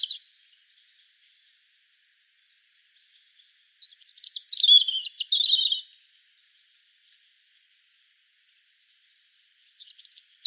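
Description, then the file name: European robin song: faint high notes, then a louder tinkling phrase mixing sharp whistles and trills, followed by quiet and a brief closing fragment. "Erithacus rubecula"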